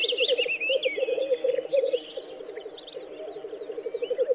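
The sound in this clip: Black grouse bubbling song, a low rolling, cooing warble pulsing steadily throughout, with thin chirps and twittering from other birds above it.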